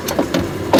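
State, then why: Not seated. The front frame section of a Merits Roadster S3 travel mobility scooter is handled with its hooks lined up on the rear section's bar, producing a few short knocks and rattles around 0.1, 0.3 and 0.7 seconds, the last being the loudest. Nothing has seated or clicked yet; the metal frame latch has not snapped shut.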